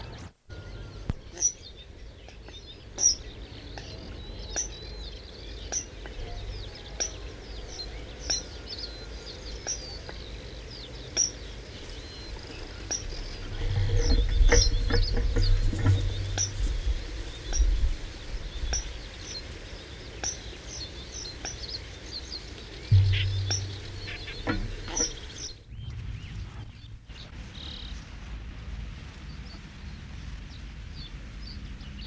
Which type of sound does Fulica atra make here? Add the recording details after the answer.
call. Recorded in the wild. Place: Rietzer See, Brandenburg, DE. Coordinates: 52.37, 12.65. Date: 1968-06-16. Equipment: NAGRA III BH, Sennheiser MD21 mit Reflektor (d=75 cm, Glasfiber) und Stativ. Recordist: Schubert, Michael